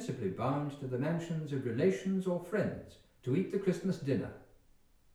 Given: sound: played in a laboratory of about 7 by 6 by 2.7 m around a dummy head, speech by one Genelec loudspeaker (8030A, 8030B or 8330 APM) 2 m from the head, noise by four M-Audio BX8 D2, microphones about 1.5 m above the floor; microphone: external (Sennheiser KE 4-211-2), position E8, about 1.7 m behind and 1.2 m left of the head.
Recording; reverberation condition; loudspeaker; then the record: male speech in English; medium; 60 degrees to the right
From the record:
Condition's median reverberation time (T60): about 510 ms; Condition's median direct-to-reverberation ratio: about -0.5 dB